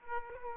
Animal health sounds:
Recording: mosquito wingbeat signal from an infrared sensor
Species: Aedes aegypti

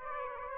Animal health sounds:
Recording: mosquito wingbeat signal from an infrared sensor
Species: Aedes aegypti

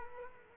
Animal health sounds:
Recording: mosquito wingbeat signal from an infrared sensor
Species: Culex quinquefasciatus

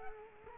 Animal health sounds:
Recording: mosquito wingbeat signal from an infrared sensor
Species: Culex quinquefasciatus

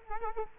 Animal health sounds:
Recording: mosquito wingbeat signal from an infrared sensor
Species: Culex quinquefasciatus

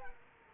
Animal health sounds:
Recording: mosquito wingbeat signal from an infrared sensor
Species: Culex quinquefasciatus

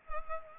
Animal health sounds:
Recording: mosquito wingbeat signal from an infrared sensor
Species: Culex pipiens

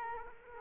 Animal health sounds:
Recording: mosquito wingbeat signal from an infrared sensor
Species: Culex quinquefasciatus

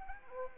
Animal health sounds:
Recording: mosquito wingbeat signal from an infrared sensor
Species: Anopheles arabiensis

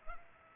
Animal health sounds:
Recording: mosquito wingbeat signal from an infrared sensor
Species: Culex pipiens

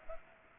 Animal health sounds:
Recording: mosquito wingbeat signal from an infrared sensor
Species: Culex pipiens

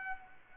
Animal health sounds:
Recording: mosquito wingbeat signal from an infrared sensor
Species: Culex pipiens

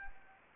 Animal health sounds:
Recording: mosquito wingbeat signal from an infrared sensor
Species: Anopheles gambiae

